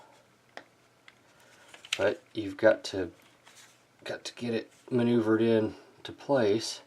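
A plastic part of a transforming plastic figure is maneuvered toward its slot on the figure, with small sharp handling clicks at 0.6 s and 1.1 s and faint ones around 1.7–1.9 s. Someone talks through most of the clip. Nothing has seated or snapped in yet.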